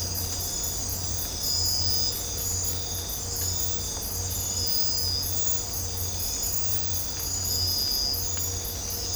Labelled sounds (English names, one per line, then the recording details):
none
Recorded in dense forest near Puerto Asís, Putumayo, Colombia, on 26 December 2024 at 04:30
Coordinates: 0.503, -76.323
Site G043